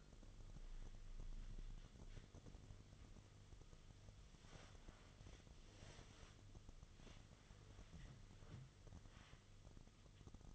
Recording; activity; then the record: daily activity, microphone in the room; wipe stove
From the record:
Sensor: 4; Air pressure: 1005.6 hPa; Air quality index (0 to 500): 108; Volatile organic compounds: 3 ppm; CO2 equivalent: 1348 ppm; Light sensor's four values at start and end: 11/26/10/10 and 12/27/11/10